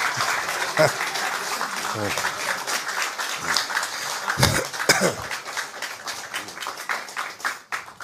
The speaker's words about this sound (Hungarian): Gratulálunk! Tapsoljatok már, bazd meg!